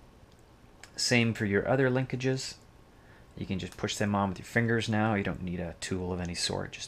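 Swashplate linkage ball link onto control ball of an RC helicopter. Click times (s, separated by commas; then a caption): 0.8 s. A plastic swashplate linkage ball link on a Blade 180 CFX RC helicopter, which had slipped off, is slid back onto its metal control ball and snaps on with a small click at 0.8 s. After that, someone talks. The ball link is seated.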